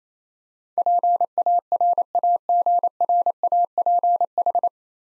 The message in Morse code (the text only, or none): PARAGRAPH